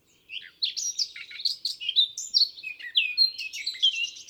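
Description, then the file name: Eurasian blackcap song: a rich, fast warble of varied chirps and fluty notes running continuously for nearly four seconds, with no other sounds. "Sylvia atricapilla"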